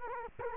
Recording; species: mosquito wingbeat signal from an infrared sensor; Culex quinquefasciatus